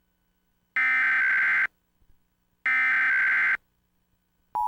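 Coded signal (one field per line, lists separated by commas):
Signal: Emergency Alert System (SAME) tones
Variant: header bursts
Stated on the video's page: Mock Colorado Required Monthly Test, simulated, run through a VCR for a vintage look.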